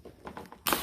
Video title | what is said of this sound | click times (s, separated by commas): gen 2 can am outlander/renegade fuel pump replacement video. | yeah took a little bit of effort guys but you heard everything click together | 0.7 s